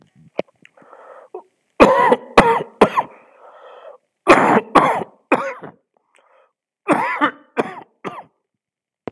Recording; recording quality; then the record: heavy voluntary cough; excellent, no background noise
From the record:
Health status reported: exposed to COVID-19, no respiratory illness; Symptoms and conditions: cough, fever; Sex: male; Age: 51 years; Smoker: not ticked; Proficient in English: yes